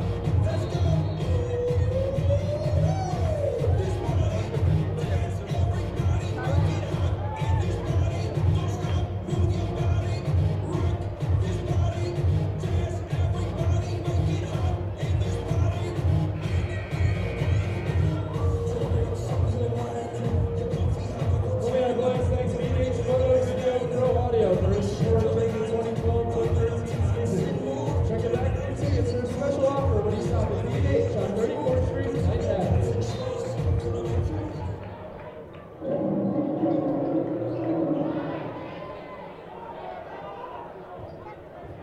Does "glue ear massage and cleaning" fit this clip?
no